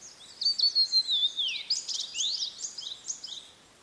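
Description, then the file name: Blue-and-white flycatcher song: a continuous high phrase of sweet whistles ending in a long descending slur, then quick rising and falling notes. "oruri"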